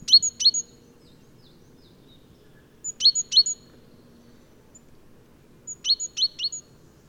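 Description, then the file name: Great tit calling: three bursts of bright, clipped high notes, each burst of two to four notes, spaced a few seconds apart against a low background hum. "Parus major"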